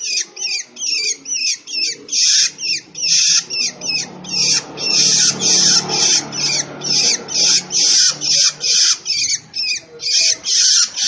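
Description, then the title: Long-tailed shrike song: fast, continuous chattering of harsh, scratchy notes, some short and some drawn out, running almost without a break. Long-tailed shrike described as gacor, singing actively and often. "Cendet Gacor"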